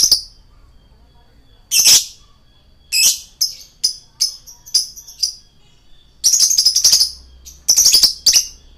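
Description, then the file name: Lovebird chattering song mixing short high ticks with bursts of harsh, grating squawks, growing denser toward the end. Male lovebird, described as 'gacor'. "suara lovebird jantan gacor"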